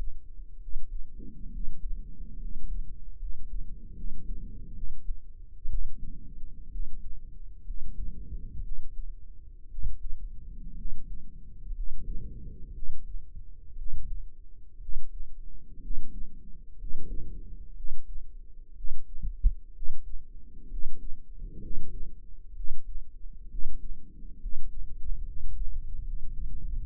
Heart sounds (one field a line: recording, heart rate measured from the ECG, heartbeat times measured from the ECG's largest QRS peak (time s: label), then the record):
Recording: heart sounds by microphone in the right ear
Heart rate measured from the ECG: 64 bpm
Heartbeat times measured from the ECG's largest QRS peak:
0.57 s: heartbeat
1.49 s: heartbeat
2.37 s: heartbeat
3.16 s: heartbeat
3.93 s: heartbeat
4.72 s: heartbeat
5.67 s: heartbeat
6.69 s: heartbeat
7.62 s: heartbeat
8.61 s: heartbeat
9.68 s: heartbeat
10.74 s: heartbeat
11.72 s: heartbeat
12.72 s: heartbeat
13.75 s: heartbeat
14.78 s: heartbeat
15.79 s: heartbeat
16.76 s: heartbeat
17.73 s: heartbeat
18.73 s: heartbeat
19.71 s: heartbeat
20.67 s: heartbeat
21.59 s: heartbeat
22.53 s: heartbeat
23.47 s: heartbeat
24.38 s: heartbeat
25.22 s: heartbeat
26.01 s: heartbeat
From the record:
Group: healthy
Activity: rest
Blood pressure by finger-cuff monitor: 111/66 mmHg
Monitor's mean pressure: 80 mmHg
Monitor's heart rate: 62 bpm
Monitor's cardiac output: 7.1 L/min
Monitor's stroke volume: 116 mL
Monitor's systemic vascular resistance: 820 dyn s/cm5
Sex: male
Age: 23 years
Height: 178 cm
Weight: 96.6 kg